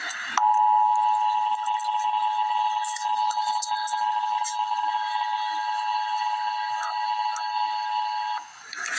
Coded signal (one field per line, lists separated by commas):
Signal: Emergency Alert System (SAME) tones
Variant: 853 and 960 Hz attention tone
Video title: Emergency Alert System - Severe Thunderstorm Warning - Mar 26, 2026 at 7:57 PM EDT